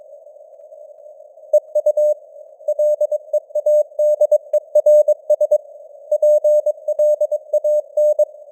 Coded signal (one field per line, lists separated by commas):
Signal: Morse code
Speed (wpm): 22 wpm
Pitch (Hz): 600 Hz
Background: none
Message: EU LEADERS PLAN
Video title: Morse Code News | 2025-10-23 | 22wpm